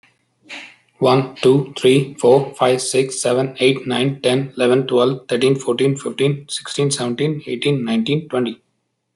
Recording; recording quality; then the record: counting at a fast pace; excellent, no background noise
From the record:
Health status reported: healthy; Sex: male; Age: 39 years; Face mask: not worn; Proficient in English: yes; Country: India